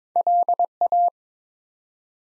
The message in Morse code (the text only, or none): LA